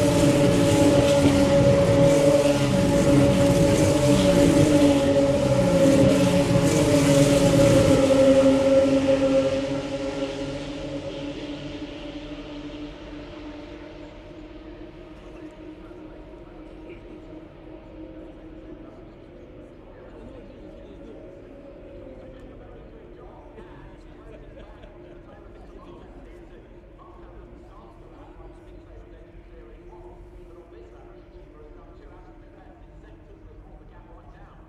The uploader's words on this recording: This is a recording of the first fours laps of a Formula 3 race from the 2022 British Grand Prix weekend at Silverstone. The first few laps are very sparse until the field spreads out.